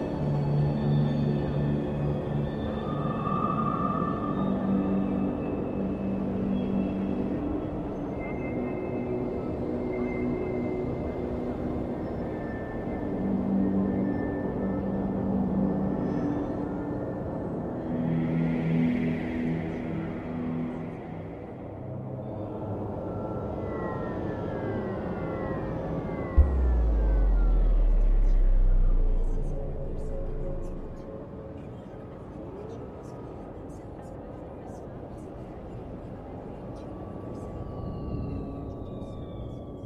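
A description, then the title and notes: Futuristic city ambience: a dense, steady low hum of traffic-like rumble with drifting tones, a rising whoosh near 19 seconds and a deep thump around 26. Futuristic city ambience.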